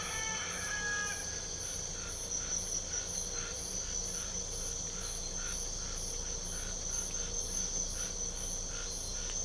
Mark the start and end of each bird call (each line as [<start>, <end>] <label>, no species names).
[0.00, 1.39] bird call